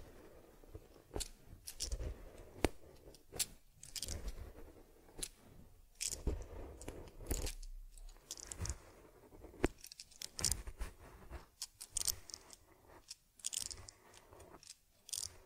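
Close-handled grooming of a teddy bear: soft brushing and rubbing strokes through fur, with frequent sharp crisp clicks and scratchy bursts scattered irregularly throughout. Quiet gaps separate the busier moments, and occasional low thumps sit beneath the brighter rustling.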